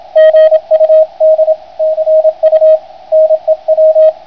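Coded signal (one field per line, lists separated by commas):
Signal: Morse code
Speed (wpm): 27 wpm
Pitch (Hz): 630 Hz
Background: radio noise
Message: GUD CU NEW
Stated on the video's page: 6 m double-hop Es opening.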